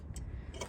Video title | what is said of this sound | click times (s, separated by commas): How to Make My Honda Element Headlights brighter? Upgrade | and then this one is gonna pop out. | 0.2 s